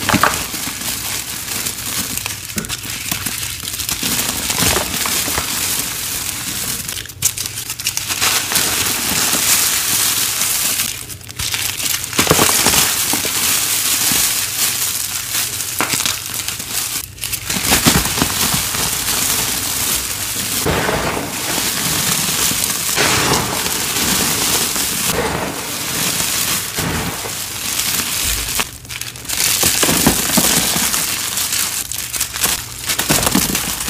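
Dense, continuous papery rustling and crinkling, like handfuls of confetti being stirred, with brief pauses near 7, 11 and 17 seconds.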